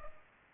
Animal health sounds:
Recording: mosquito wingbeat signal from an infrared sensor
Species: Culex pipiens

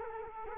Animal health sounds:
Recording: mosquito wingbeat signal from an infrared sensor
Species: Culex quinquefasciatus

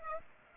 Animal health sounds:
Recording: mosquito wingbeat signal from an infrared sensor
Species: Aedes aegypti

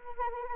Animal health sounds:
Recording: mosquito wingbeat signal from an infrared sensor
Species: Anopheles arabiensis

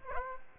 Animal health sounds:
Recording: mosquito wingbeat signal from an infrared sensor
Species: Aedes aegypti

